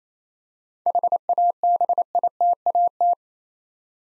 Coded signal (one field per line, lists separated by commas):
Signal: Morse code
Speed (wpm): 27 wpm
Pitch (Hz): 700 Hz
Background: none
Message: HABITAT